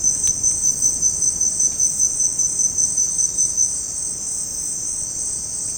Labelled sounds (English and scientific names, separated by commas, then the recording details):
none
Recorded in dense forest near Puerto Asís, Putumayo, Colombia, on 29 June 2025 at 16:30
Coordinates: 0.486, -76.317
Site G065